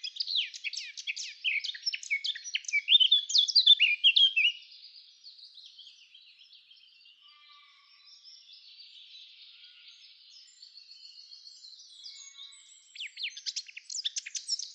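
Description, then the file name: Eurasian blackcap singing a loud, jumbled warble for about four seconds, then a long stretch of faint subdued chatter before another lively burst begins. "Sylvia atricapilla"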